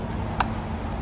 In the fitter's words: your planks together you can actually hear it click you want it so it's completely engaged again completely